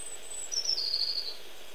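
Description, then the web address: Tit calls: a quick series of very high, thin notes stepping downward in pitch over under a second, against faint background hiss. Recorded in Portugal. "Aves de Portugal Sons Chapim"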